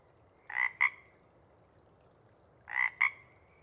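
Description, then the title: Pacific chorus frog repeating a loud two-part rib-bit call twice, each a buzzy croak followed by a short sharper note, with near silence between. Sparse chorus before dawn as twilight begins; a few males keep calling to attract mates while most have gone back to burrow. "Chorus Frogs, Sparse, pre-Dawn"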